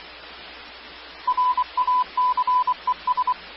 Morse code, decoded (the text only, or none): RACES